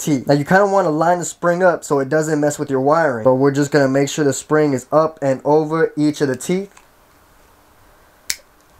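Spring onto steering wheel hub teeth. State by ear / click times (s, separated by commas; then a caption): seated / 8.3 s. Someone talks while lining up a metal spring inside a quick-release steering wheel hub adapter on a 350Z, keeping it clear of the wiring and seating it up and over each of the four teeth. After the talking stops there is a quiet stretch, then a single sharp click at 8.3 s as the spring snaps into place over the teeth. The spring is seated; it helps the teeth push out for a standalone horn.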